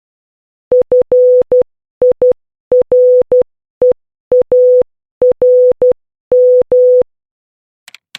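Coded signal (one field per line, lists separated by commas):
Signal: Morse code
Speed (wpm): 12 wpm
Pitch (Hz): 500 Hz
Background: none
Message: FIREARM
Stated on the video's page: Morse practice drill of letters a through r from a learn-Morse workbook.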